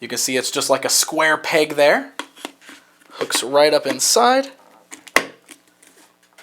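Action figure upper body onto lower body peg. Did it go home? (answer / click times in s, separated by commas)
yes / 5.2 s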